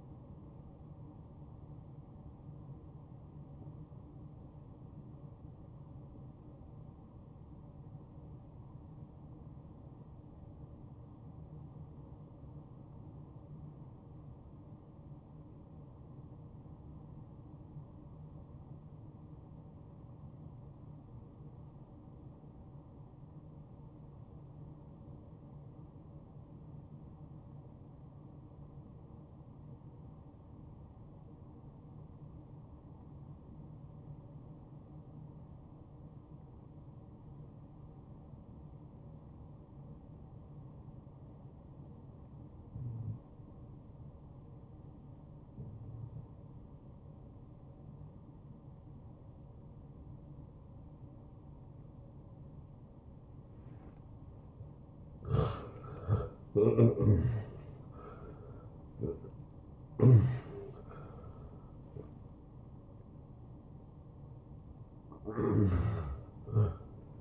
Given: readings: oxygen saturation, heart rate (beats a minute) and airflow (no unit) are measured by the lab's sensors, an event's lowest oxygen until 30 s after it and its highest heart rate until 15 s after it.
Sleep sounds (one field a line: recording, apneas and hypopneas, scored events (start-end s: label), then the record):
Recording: breathing in sleep by a smartphone at the bedside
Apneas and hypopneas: 1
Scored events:
6.00-55.60 s: obstructive apnea (N1, oxygen 97% highest, then 82% lowest, heart rate 65 at the start, 82 highest)
31.00-61.00 s: new sleep stage, N2 (light sleep)
61.00-67.21 s: new sleep stage, N1 (lightest sleep)
From the record:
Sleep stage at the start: N1 (lightest sleep)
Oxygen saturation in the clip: 85 to 97%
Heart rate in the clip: 57 to 82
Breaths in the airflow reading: 4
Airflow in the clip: -17.7 to 8.6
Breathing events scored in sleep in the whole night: 263 in 5.5 hours asleep